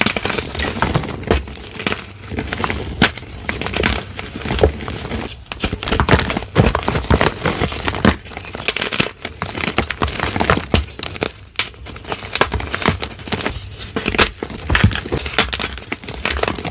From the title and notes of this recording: Satisfying ASMR sounds of crispy pink dyed gym chalk crushes. Pink Dyed Gym Chalk Crushing.